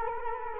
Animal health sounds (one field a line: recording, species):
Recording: mosquito wingbeat signal from an infrared sensor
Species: Culex quinquefasciatus